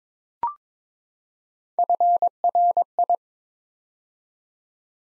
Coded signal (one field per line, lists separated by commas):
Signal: Morse code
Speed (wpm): 22 wpm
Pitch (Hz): 700 Hz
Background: none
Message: FRI